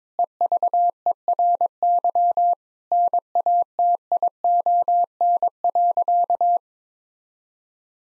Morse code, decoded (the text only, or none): EVERY NATION.